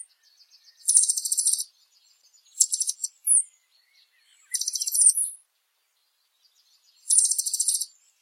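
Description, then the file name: Blue dacnis song: four high, rasping buzzy bursts with a short whistled note, separated by pauses of one to two seconds. "Canto do Sai azul"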